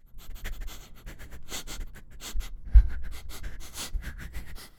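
Dog sniffing and snuffling, a steady run of short, breathy bursts of air with a few louder snorts.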